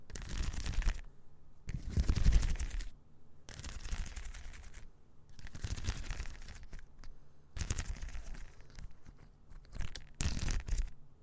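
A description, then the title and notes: ASMR mouth sounds come in wet, crackly bursts about every second or two, some louder and crunchier, with short quiet gaps between. ASMR Mouth Sounds Ear Cleaning.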